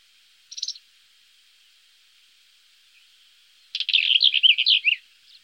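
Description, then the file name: Black-eared wheatear singing: a brief rasping note, a pause, then a fast, scratchy warble of twisting high notes lasting over a second. "collalba rubia"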